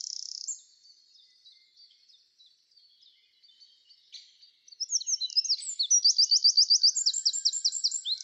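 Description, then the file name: Eurasian wren song: a brief loud phrase, then faint high twittering, then a loud, rapid, ringing trill of sharp repeated notes through the final seconds. "Troglodytes troglodytes"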